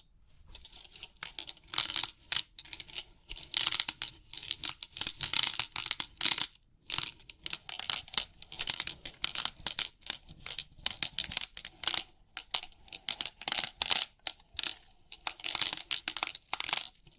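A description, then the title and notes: Crisp clicking and rattling from a 3D pin art toy, as many tiny metal pins shift and settle in dense, bright bursts. The bursts come in quick clusters every second or so, separated by brief silences, and continue steadily with a faint low hum underneath. Crisp 3D Pin Art Tingles(No Talking).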